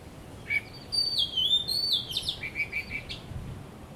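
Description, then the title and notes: Bird singing a single rich phrase of swooping whistles that trails into quick repeated chirps. Birds singing vigorously at Wu Kai Sha, Hong Kong, on 15 December 2006; recorded with AKG condenser microphones in XY stereo. "香港 烏溪沙 雀鳥勁唱歌 Date: 15 December 2006"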